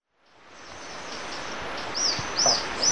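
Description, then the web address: White-fronted tyrannulet giving three thin, high, arched notes about half a second apart as a steady hiss fades in. Recorded in Ecuador. "Natures Songs S America Birds of Ecuador. White-fronted Tyrannulet"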